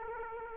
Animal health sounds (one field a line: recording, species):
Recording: mosquito wingbeat signal from an infrared sensor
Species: Aedes aegypti